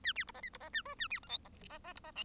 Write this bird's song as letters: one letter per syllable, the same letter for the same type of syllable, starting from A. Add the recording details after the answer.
A B C D E C D A F A B G H D D D C D I. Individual Bird1